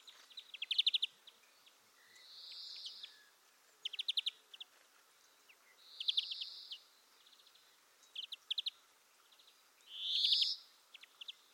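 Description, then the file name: European greenfinch alternating bursts of fast twittering trills with drawn-out nasal wheezes, the pattern repeating roughly every three to four seconds. "Chloris chloris"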